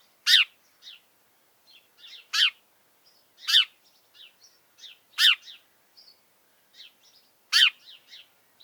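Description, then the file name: House sparrow chirps: five loud, rasping notes at uneven intervals, mixed with softer, scratchy chirps. "Passer domesticus"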